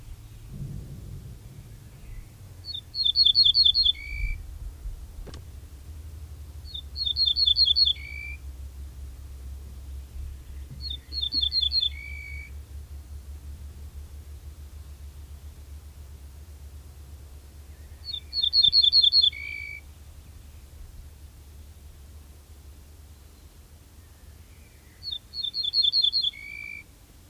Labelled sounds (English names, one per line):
Ortolan Bunting song